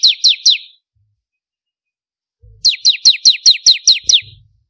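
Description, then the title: Prinia ending one phrase of three falling chips, then after a pause a fresh run of eight high, even notes over a soft thump. "Kicau Ciblek Kristal"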